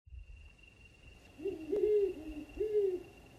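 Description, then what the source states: Owl giving a few soft, low hoots, with a thin steady high tone held behind them. Desert owls calling to each other at night, hoo-hoo-hoo-hoo, never heard moving, calls coming from a closer camp; near Parker Lake, Canelo Hills, Passage 2 of the Arizona Trail, bright moon.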